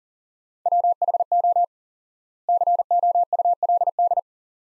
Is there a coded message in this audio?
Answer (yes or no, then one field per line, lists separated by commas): yes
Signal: Morse code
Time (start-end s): 0.7-4.2 s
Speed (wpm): 40 wpm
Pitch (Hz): 700 Hz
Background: none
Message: WHO COULD